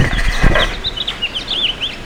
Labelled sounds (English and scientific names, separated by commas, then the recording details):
House Finch (Haemorhous mexicanus) song
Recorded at West Islip on Long Island, New York, on 18 May 2013
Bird J